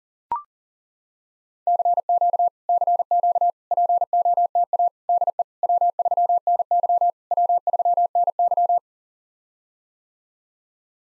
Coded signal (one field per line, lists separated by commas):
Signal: Morse code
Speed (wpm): 40 wpm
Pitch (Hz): 700 Hz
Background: none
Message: CQ CQ POTA DE W3NY W3NY